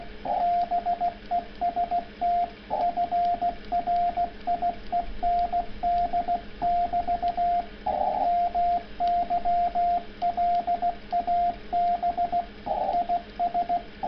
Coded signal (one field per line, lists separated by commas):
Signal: Morse code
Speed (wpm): 16 wpm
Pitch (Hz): 690 Hz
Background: radio noise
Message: BEST FRIEND <BT> MY LAB IS